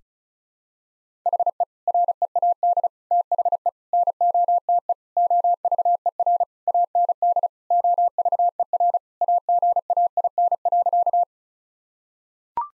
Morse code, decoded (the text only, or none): HE READ THE NOTE OVER AND OVER AGAIN.